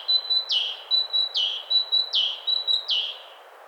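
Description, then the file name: Great tit singing a steady high whistle then a falling slurred note, the pair repeated four times at an even pace, with a quiet hiss behind. "Parus major"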